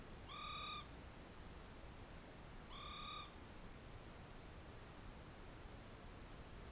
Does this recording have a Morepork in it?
yes